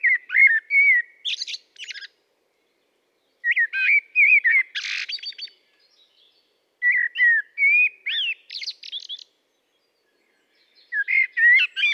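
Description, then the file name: Common blackbird singing four warbled phrases separated by short pauses, each with low, flute-like notes and a shrill chattering tail. "Turdus merula"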